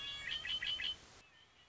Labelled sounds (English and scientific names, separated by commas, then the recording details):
Red-winged Blackbird (Agelaius phoeniceus)
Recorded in Sonoma County, California